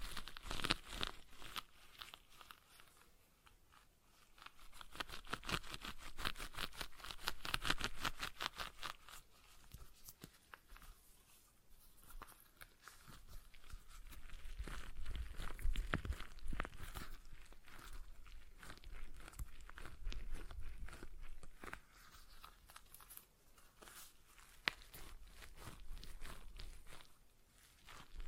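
A stress ball is squeezed repeatedly, making dense crinkly crackles and squishes in swelling bursts, loudest around the middle and near the end.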